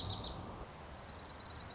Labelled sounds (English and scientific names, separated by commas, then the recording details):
Dark-eyed Junco (Junco hyemalis)
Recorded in Sonoma County, California